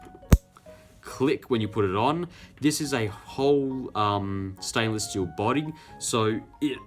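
A cap is pushed onto a stainless-steel fountain pen body and snaps on with a sharp click at 0.3 s, followed by a fainter tick at 0.6 s. The well-fitting cap is seated, and then someone talks.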